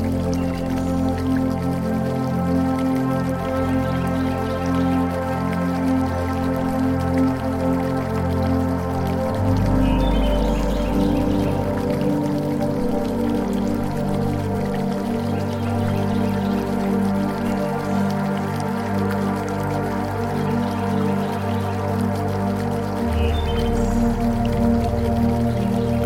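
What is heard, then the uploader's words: Soft, slow zen music with sustained low tones that shift around ten and twenty-three seconds, over a faint, steady trickle of fountain water. A Magical Botanical Garden With Fountain Sounds, Zen Music & Nature Sounds.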